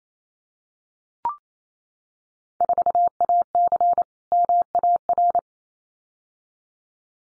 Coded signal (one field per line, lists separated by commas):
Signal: Morse code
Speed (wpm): 28 wpm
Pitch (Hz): 700 Hz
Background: none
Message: 4AC MAR